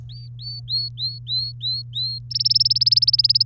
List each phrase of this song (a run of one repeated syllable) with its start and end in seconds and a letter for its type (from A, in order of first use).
0.09-2.19 A, 2.30-3.46 B